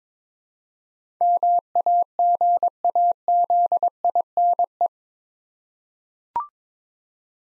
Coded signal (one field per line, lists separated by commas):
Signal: Morse code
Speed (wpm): 22 wpm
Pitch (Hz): 700 Hz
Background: none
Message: MAGAZINE